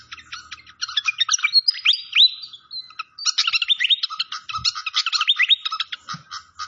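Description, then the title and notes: Malaysian pied fantail song: a stream of high chirps and swooping whistled notes in two lively bouts, with faint low thumps. Masteran (training recording) of clear-voiced song. "Masteran Sikatan Kipas Suara Jernih Dan Suara Gemericik Air. Suara Burung Sikatan Londo"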